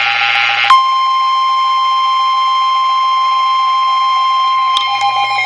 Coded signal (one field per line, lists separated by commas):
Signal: Emergency Alert System (SAME) tones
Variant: 1050 Hz attention tone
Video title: I FINISH THE PICTURE OR GLUE ON IT... EAS Alerts From 3/10/26 (EAS#5,232 - 5,251)